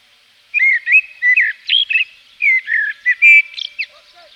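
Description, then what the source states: Common blackbird song, a continuous run of mellow warbled whistles that rise and fall, closing with thin, squeaky high twittering notes. Recorded in Provence.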